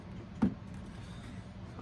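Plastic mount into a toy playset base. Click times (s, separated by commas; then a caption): 0.4 s. A plastic mount is pressed into its socket on a Masters of the Universe Origins Point Dread and Talon Fighter toy playset vehicle and gives a sharp click at 0.4 s. It locks into place, solid and sturdy. A faint tick follows near 1.8 s over low background hum.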